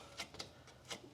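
A power driver tries to remove a small Torx screw hidden under a panel on a new John Deere XUV side-by-side utility vehicle, and the bit slips in the screw head. Short bursts of driver noise are heard around 0.2 s, 0.4 s and 0.9 s, with no distinct click, so nothing has seated or clicked. The screw head strips out, and the screw won't come out.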